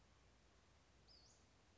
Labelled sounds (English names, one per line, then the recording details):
Western Flycatcher
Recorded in Sonoma County, California